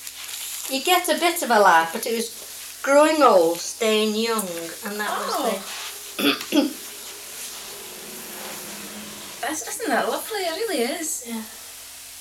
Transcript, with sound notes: You get a bit of a laugh but it was 'Growing Old, Staying Young'.VB: Oh-h!
And that was the... [clears throat]
Isn't that lovely? It really is.
Yeah.